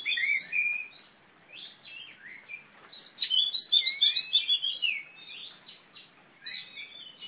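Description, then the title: Oriental magpie-robin delivering rapid, varied whistled phrases, a dense burst of chattering notes in the middle followed by quieter slurred whistles. Female competition bird of the poci type, black, a national first-place champion from East Java, described as a fighting bird that sings constantly (gacor). "Kacer Juara 1 Nasional gacor kacer juara nasional jawa timur kacer tarung betina poci gacor hitam"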